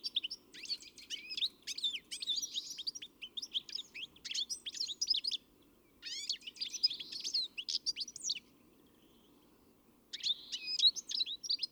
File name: Chloris chloris